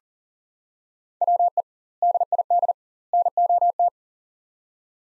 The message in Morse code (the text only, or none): WE DID NOT